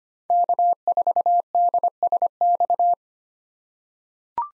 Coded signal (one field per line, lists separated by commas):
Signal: Morse code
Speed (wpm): 25 wpm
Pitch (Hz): 700 Hz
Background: none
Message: K4DSX